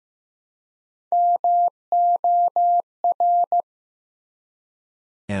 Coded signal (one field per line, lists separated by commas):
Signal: Morse code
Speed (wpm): 15 wpm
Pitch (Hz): 700 Hz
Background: none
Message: MOR